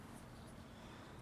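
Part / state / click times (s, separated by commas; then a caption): rubber ball of a phone mount into the socket of a clamp arm / not seated / none. The clamp arm of a phone mount for a Jeep Wrangler YJ is loosened while the rubber-coated ball is handled toward its socket, with only a steady low rustling, handling noise throughout. The ball has not snapped into the socket yet, so nothing has seated or clicked.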